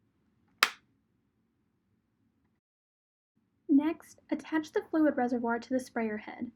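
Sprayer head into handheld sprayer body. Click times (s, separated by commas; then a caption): 0.6 s. A plastic sprayer head is inserted into a VSE Magnum handheld sprayer body at 90 degrees and turned along the internal grooves until it locks. A single sharp click sounds at 0.6 s as the head seats, followed by silence. From about 3.7 s, someone talks.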